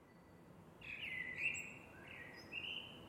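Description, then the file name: Eurasian blackbird: a long steady whistled note, then a shorter lower note and a higher whistle, over soft background noise. "MERLES"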